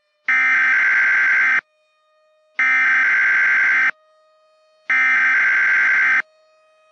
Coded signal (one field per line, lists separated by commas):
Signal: Emergency Alert System (SAME) tones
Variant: header bursts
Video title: Gulf Coast Derecho - EAS Scenario